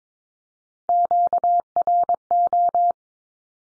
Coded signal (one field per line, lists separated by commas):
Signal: Morse code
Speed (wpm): 22 wpm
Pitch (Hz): 700 Hz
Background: none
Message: QRO